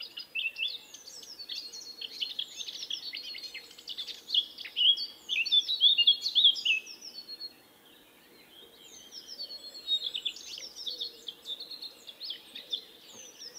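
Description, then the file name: Eurasian blackcap giving fast, jumbled twittering phrases, loudest around five to seven seconds, then a short lull before softer warbling resumes; a faint hum runs throughout. "Sylvia atricapilla"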